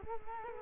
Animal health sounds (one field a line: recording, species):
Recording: mosquito wingbeat signal from an infrared sensor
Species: Culex quinquefasciatus